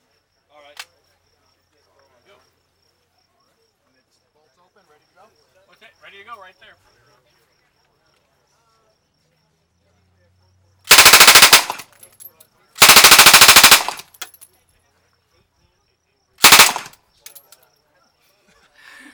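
A Colt Thompson submachine gun fires three loud bursts: a long one near eleven seconds, another around thirteen seconds, and a short one at sixteen seconds. Before the shooting, quiet voices and a few small clicks are heard over a thin, steady high whine.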